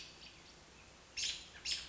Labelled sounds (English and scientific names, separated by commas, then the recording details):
American Robin (Turdus migratorius)
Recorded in Sonoma County, California